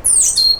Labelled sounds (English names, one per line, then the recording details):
Stitchbird song
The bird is a male
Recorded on Tiritiri Matangi Island, New Zealand, in 2005
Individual 12, of nest box 16